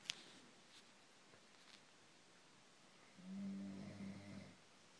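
After about three seconds of quiet room noise and a faint click, a single low, buzzing, vibrating sound lasts just over a second: the flutter of one snore on a breath from an adult sleeper. It is ordinary snoring, heard only once in this short stretch.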